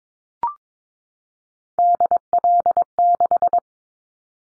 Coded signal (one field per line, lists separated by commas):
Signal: Morse code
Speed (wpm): 22 wpm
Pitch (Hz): 700 Hz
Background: none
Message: DL6